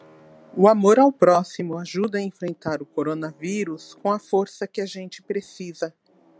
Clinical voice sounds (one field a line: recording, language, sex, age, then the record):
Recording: spoken sentence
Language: Brazilian Portuguese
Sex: female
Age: 50 to 59 years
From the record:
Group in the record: control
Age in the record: 54 years